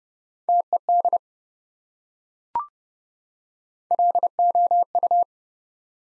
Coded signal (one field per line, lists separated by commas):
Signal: Morse code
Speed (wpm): 30 wpm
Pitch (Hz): 700 Hz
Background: none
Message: TED LOU